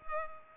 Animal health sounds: mosquito wingbeat signal from an infrared sensor; Culex pipiens

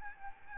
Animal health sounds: mosquito wingbeat signal from an infrared sensor; Aedes albopictus

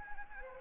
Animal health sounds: mosquito wingbeat signal from an infrared sensor; Anopheles arabiensis

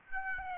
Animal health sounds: mosquito wingbeat signal from an infrared sensor; Aedes albopictus

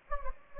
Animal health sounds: mosquito wingbeat signal from an infrared sensor; Anopheles gambiae

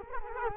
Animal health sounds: mosquito wingbeat signal from an infrared sensor; Culex quinquefasciatus

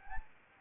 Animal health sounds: mosquito wingbeat signal from an infrared sensor; Anopheles arabiensis

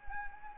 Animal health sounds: mosquito wingbeat signal from an infrared sensor; Anopheles arabiensis

